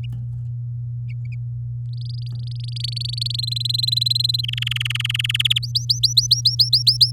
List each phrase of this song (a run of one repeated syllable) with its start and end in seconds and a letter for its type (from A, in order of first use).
1.93-3.36 A, 3.38-4.41 B, 4.43-5.42 C, 5.45-5.59 D, 5.62-7.11 E